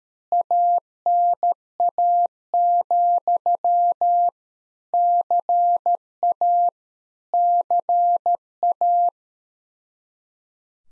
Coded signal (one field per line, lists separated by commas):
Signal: Morse code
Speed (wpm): 13 wpm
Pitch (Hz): 700 Hz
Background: none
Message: ANA, CA CA